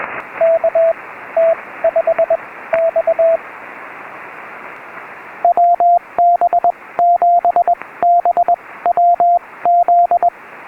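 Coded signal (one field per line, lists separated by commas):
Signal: Morse code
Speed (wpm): 19 wpm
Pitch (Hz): 690 Hz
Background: radio noise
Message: KT5X WB7BWZ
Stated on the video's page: Summit activation, restored recording.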